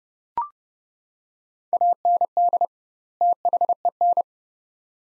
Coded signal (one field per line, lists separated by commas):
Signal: Morse code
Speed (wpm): 32 wpm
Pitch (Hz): 700 Hz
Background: none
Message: AND THEN